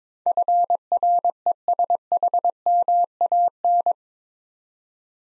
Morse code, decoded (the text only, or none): FRESHMAN